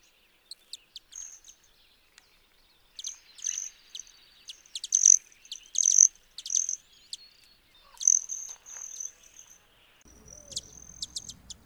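Broad-tailed hummingbird chip calls: very high, sharp ticks in irregular bursts, mixed with thin, steady high buzzing tones, ending with a low rumble of background noise.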